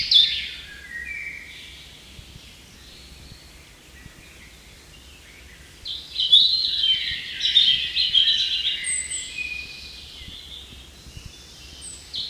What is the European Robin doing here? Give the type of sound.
song